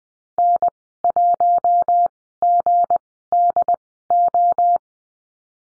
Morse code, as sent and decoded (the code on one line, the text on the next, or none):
-. .---- --. -.. ---
N1GDO